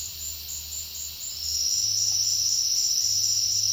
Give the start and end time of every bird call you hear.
[1.29, 3.72] Sclateria naevia (4.5-6.5 kHz)

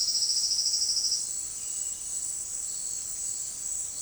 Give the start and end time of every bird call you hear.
[0.00, 1.34] Sclateria naevia (3.8-6.5 kHz)

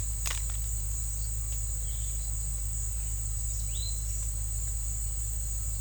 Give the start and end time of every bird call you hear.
[3.68, 3.97] Grallaria haplonota (2.0-5.0 kHz)

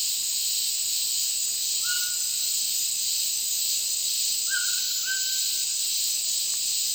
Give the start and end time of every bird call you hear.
[1.80, 2.46] Ramphastos tucanus (0.7-2.4 kHz)
[4.47, 5.65] Ramphastos tucanus (0.8-3.4 kHz)

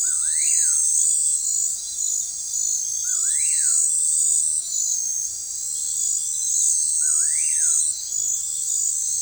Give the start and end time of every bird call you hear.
[0.02, 0.79] Nyctidromus albicollis (0.8-3.4 kHz)
[3.05, 3.77] Nyctidromus albicollis (0.7-3.3 kHz)
[6.97, 7.77] Nyctidromus albicollis (0.4-3.5 kHz)

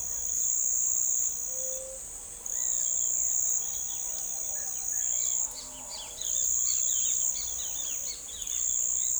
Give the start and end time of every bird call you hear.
[1.43, 2.05] Leptotila verreauxi (0.3-0.7 kHz)
[5.48, 8.77] Pitangus sulphuratus (1.8-5.7 kHz)

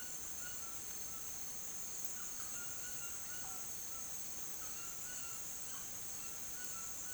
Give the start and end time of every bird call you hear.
[0.00, 7.14] Ramphastos tucanus (0.5-4.7 kHz)

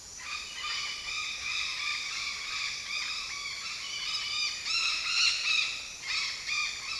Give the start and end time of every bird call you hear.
[0.00, 7.00] Orthopsittaca manilatus (0.3-8.9 kHz)

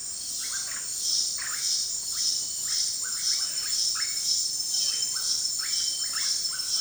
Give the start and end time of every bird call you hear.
[0.00, 6.80] Psarocolius angustifrons (0.4-3.0 kHz)

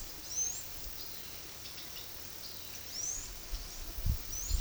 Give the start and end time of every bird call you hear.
[0.00, 1.05] Thraupis palmarum (3.3-8.3 kHz)
[2.86, 4.61] Thraupis palmarum (3.7-8.4 kHz)

